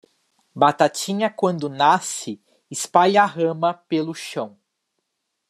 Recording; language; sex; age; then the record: short text; Brazilian Portuguese; male; 20 to 29 years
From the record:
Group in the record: control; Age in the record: 22 years